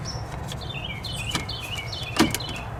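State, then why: Seated. A dash piece, either a trim piece or a harness clip, is pressed back into the instrument panel of a 2005 Grand Marquis during an odometer repair, with faint chirps in the background. Two sharp clicks at 2.2 s and 2.3 s mark the piece popping into place, fully seated.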